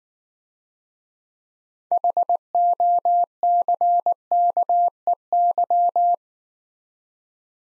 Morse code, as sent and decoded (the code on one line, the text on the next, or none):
.... --- -.-. -.- . -.--
HOCKEY